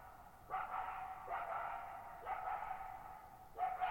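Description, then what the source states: Coyote giving sharp harsh barks at irregular intervals, each one trailing off in a long echo across quiet open ground. Lone coyote in a shallow bowl-shaped meadow near Thirtymile Meadows, Okanogan High Country, Okanogan National Forest, 6400 ft, on a high dry plateau, night of July 14, 2019; very reverberant, quiet site.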